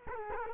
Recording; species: mosquito wingbeat signal from an infrared sensor; Culex quinquefasciatus